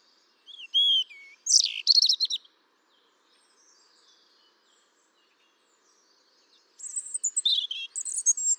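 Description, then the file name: European robin song: two short high warbling phrases of thin whistles and trills, separated by about four seconds of quiet. "Erithacus rubecula"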